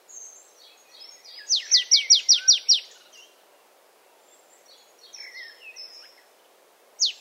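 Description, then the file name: Marsh tit with a brisk burst of several sharp, falling high notes early on, then quieter thin chirps and one more loud note at the close. "Poecile palustris"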